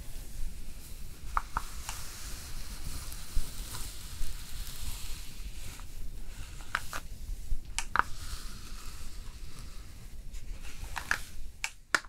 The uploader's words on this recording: ASMR Hair Styling Brushing and Curling w Steam (Layered + No Talking).